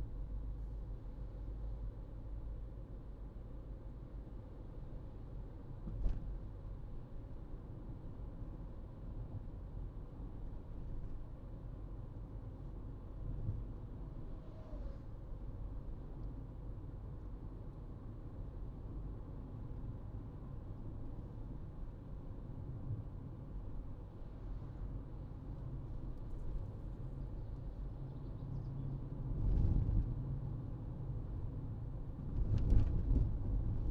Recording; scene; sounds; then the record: everyday scene through a hearing-aid microphone; in a vehicle; engine, highway driving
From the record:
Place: Berlingo II, diesel engine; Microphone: in the ear canal, right